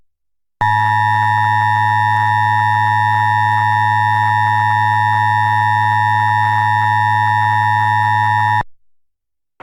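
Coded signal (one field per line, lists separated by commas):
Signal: Emergency Alert System (SAME) tones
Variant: 853 and 960 Hz attention tone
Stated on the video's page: Required Monthly Test in San Francisco.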